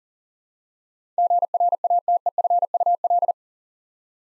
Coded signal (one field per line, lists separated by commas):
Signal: Morse code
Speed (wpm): 38 wpm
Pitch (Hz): 700 Hz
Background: none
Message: GRATEFUL